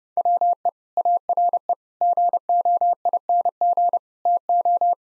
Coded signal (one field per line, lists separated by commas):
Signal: Morse code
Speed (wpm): 30 wpm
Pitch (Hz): 700 Hz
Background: none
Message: WE ARE GOING TO